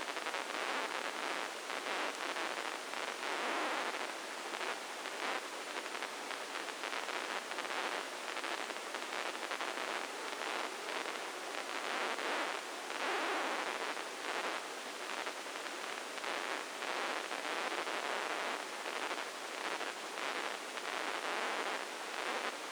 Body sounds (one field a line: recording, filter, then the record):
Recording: brain microelectrode recording played as sound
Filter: spike band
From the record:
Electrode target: subthalamic nucleus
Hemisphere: left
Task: reaching with the right hand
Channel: 1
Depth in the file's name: 2.062 mm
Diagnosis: Parkinson's disease